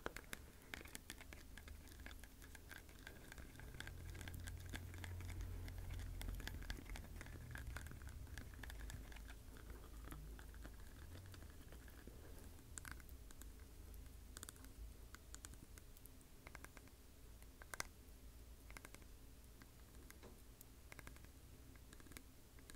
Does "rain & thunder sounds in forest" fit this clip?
no